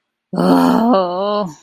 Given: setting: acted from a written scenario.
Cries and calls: vocal sound without words; shame

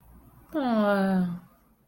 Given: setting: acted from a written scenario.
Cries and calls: vocal sound without words; sympathy

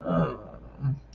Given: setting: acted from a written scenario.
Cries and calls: vocal sound without words; guilt

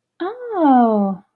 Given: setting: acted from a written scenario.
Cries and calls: vocal sound without words; positive surprise

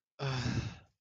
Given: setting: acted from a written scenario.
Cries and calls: vocal sound without words; romantic love

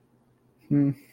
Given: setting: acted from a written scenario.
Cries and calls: vocal sound without words; neutral

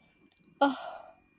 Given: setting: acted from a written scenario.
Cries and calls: vocal sound without words; contentment

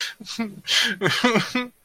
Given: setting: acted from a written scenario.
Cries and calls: vocal sound without words; sadness

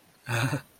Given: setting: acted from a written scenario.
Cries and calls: vocal sound without words; pride

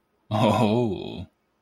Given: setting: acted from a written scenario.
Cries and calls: vocal sound without words; desire

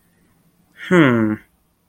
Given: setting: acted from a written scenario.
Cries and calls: vocal sound without words; confusion

